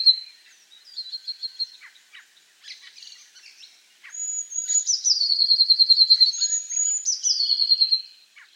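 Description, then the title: Eurasian blue tit song: thin high notes sliding down into a fast buzzy trill, phrases repeating every couple of seconds, with softer chips in the opening seconds. "Gelatikbt. Eurasian Blue Tit (Cyanistes caeruleus)"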